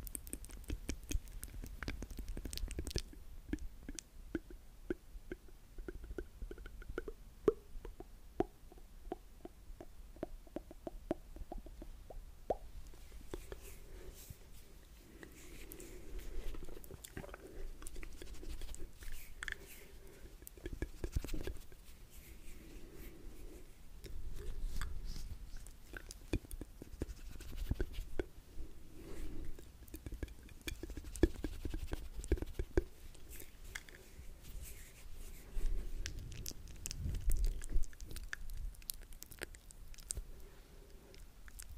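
ASMR mouth sounds: a dense, irregular stream of wet clicks, smacks and soft chewing-like pops continues for the whole clip. Faint, wavering tones drift through the first twelve seconds, while a low soft rumble stays underneath throughout.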